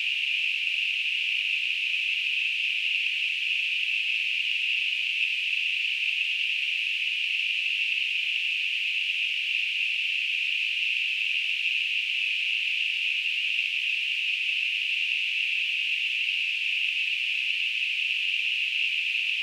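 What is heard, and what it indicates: A steady, continuous high-pitched hiss in a narrow band around 2–3 kHz that simulates tinnitus.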